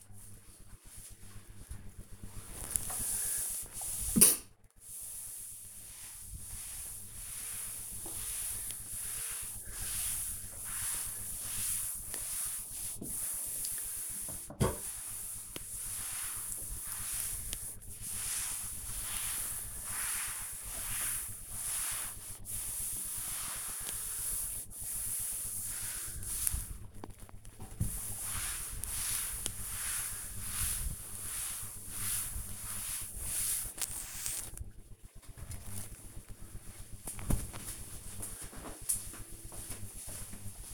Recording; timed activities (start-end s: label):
household activities, microphone on the right wrist
0.00-34.81 s: cleaning table